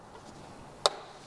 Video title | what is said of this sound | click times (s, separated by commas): Resurrecting a Y2K Era Vespa ET4 Scooter | snaps right in place and then take the spark plug I know you can't see it because of this metal dam | 0.9 s